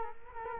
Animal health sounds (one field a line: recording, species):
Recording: mosquito wingbeat signal from an infrared sensor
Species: Culex quinquefasciatus